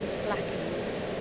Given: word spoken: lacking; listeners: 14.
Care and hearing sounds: one English word in noise, from a listening test; speech-shaped noise; -5.6 dB; 2 of 14; 6 of 14; 0.81 s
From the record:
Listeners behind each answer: 6, 2, 2, 1, 1, 1, 1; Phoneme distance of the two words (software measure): 27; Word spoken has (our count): 2 syllables, 5 phonemes, stress on syllable 1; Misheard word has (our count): 2 syllables, 6 phonemes, stress on syllable 1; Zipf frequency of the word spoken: 3.79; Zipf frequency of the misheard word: 2.31

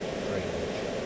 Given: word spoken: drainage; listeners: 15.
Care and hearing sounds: one English word in noise, from a listening test; speech-shaped noise; -5.8 dB; 0 of 15; 10 of 15; 0.66 s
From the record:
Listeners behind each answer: 10, 1, 1, 1, 1, 1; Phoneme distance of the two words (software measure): 24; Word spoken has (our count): 2 syllables, 6 phonemes, stress on syllable 1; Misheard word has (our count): 1 syllable, 6 phonemes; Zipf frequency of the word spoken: 3.54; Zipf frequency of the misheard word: 4.83

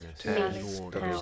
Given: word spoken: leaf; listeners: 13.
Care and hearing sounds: one English word in noise, from a listening test; four-talker babble; -0.6 dB; 1 of 13; 8 of 13; 0.82 s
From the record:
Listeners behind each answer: 8, 1, 1, 1, 1, 1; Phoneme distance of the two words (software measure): 20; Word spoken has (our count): 1 syllable, 3 phonemes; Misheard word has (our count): 1 syllable, 3 phonemes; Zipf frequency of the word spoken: 4.29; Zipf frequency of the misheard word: 5.41

